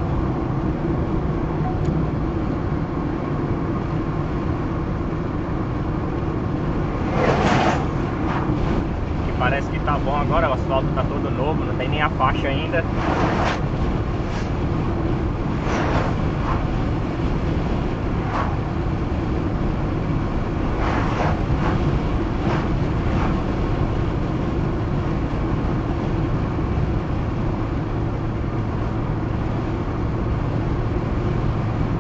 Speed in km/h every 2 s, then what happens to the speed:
81, 89, 93, 94, 97, 98, 99, 99, 100, 100, 102, 102, 103, 103, 103, 104.
0-7 speeds up to 97. 7-32 steady at about 100.